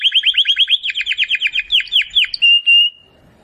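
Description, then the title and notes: Domestic canary singing a quick series of chirped notes, ending in brief pure whistled tones. Belgian canary singing; Portuguese title calls the song style campainha (bell). "Canário Belga Campainha Canary Singing. Canario Belga Cantando"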